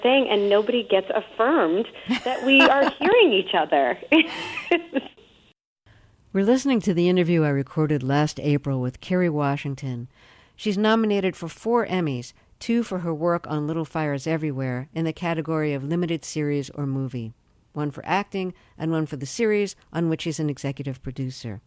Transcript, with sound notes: And nobody gets affirmed that we are hearing each other (laughter).
We're listening to the interview I recorded last April with Kerry Washington. She's nominated for four Emmys - two for her work on "Little Fires Everywhere" in the category of limited series or movie, one for acting and one for the series, on which she's an executive producer.